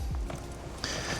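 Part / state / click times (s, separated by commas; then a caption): locking catch on hose clamp pliers / seated / 0.8 s. Metal hose clamp pliers are clamped onto a hose clamp and the clamp is moved, until the small locking catch on the pliers locks in place with a sharp, short click at 0.8 s. Two fainter knocks come earlier, at 0.1 and 0.3 s. The catch seats, though the pliers are a bit broken because they are not Snap-on.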